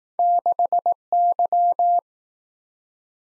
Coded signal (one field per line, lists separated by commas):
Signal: Morse code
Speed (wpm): 20 wpm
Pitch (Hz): 700 Hz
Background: none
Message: 6Y